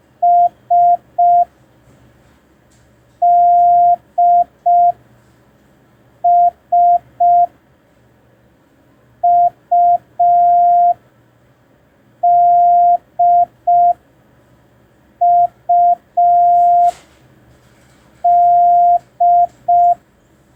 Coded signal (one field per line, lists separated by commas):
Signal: Morse code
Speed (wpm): 5 wpm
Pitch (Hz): 700 Hz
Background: none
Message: S D S U D U D